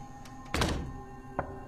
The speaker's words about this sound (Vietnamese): Tiếng gõ cửa văng vẳng.